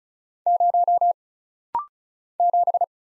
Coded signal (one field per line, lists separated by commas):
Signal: Morse code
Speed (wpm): 34 wpm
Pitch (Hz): 700 Hz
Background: none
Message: 0 7